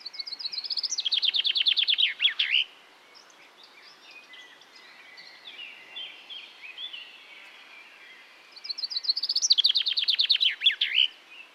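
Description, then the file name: Common chaffinch song: a rapid descending trill of repeated notes ending in a flourish, given twice about eight seconds apart, with faint other bird calls in between. "Fringilla coelebs"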